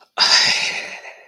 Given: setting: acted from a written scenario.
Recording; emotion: vocal sound without words; embarrassment